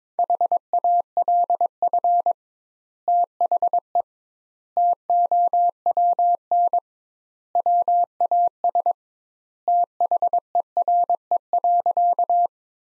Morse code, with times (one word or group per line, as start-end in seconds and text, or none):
0.2-2.3 HALF
3.1-4.0 THE
4.8-6.8 TOWN
7.6-8.9 WAS
9.7-12.5 THERE.